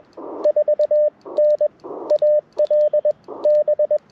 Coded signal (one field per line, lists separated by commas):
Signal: Morse code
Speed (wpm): 21 wpm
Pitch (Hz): 590 Hz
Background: radio noise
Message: 4N AL B